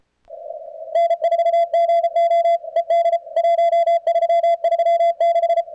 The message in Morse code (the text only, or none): N4GO ED 1336